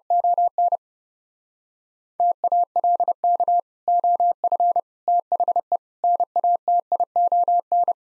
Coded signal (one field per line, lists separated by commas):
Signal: Morse code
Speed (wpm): 29 wpm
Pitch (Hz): 700 Hz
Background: none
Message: ON TALK OF THE NATION